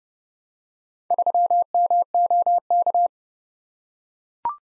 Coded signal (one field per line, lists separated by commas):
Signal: Morse code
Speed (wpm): 28 wpm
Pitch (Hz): 700 Hz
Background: none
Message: 3MOK